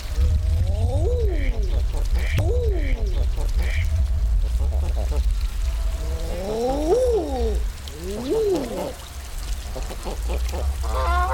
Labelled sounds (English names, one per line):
Canada Goose call